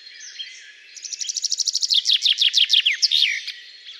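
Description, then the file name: Common chaffinch singing a single bright phrase of quick repeated notes that descend, closing with a downward flourish, over soft background bird chatter. "Fringilla coelebs"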